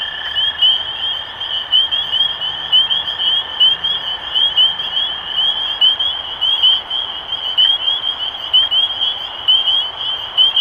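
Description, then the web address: Spring peepers in full chorus, rapid high upslurred peeps tumbling over each other, with a steady lower tone that drops out after several seconds. Recorded 23 March 2012. "rob animals Peepers-2012-0323"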